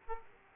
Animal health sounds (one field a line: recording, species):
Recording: mosquito wingbeat signal from an infrared sensor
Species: Aedes aegypti